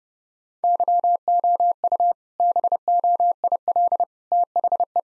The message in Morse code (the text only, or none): YOU BOIL THE